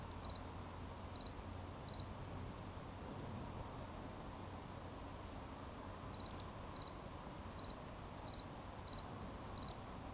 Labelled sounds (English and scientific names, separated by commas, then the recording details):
Eurasian Woodcock (Scolopax rusticola) whistle
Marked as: whistle, whistle, whistle, whistle
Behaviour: display flight
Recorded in Baden-Württemberg, Germany, on 11 June 2020 at 20:26 UTC
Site 24578, 122 m above sea level